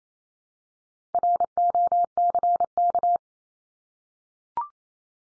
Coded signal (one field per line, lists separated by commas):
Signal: Morse code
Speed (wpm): 28 wpm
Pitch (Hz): 700 Hz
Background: none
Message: ROCK